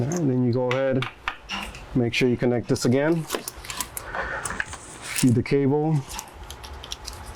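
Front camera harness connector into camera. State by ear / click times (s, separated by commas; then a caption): seated / 6.9 s. Someone talks while handling the cable of a front park-assist camera, with light clicks and rattles in the middle of the clip. After the cable is reconnected and fed through, the camera harness connector is pushed home into the camera. It snaps sharply at 6.9 s and locks, seated.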